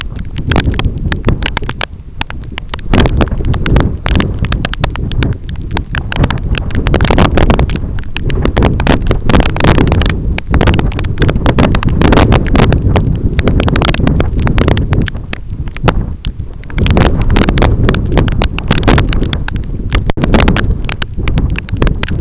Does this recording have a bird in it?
no